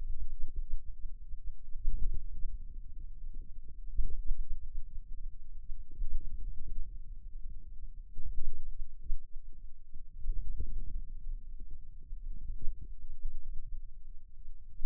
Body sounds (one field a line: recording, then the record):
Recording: forearm muscle sounds (acoustic myography)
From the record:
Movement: wrist extension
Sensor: system 2, bracelet of six BSWA MPA416 microphones around the upper forearm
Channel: 5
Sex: male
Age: 22 years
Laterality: right